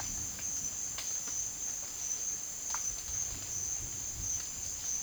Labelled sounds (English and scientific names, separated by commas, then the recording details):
none
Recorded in dense forest near Puerto Asís, Putumayo, Colombia, on 9 March 2025 at 13:30
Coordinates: 0.481, -76.323
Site G088